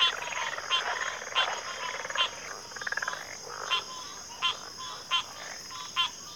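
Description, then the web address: Cricket chorus as an unbroken high-pitched hum, with rapid pulsed croaking calls from other animals popping up about once a second. Chorus of crickets at a backwater. "Sleep Sounds of Nature CRICKETS 03 Backwater Chorus"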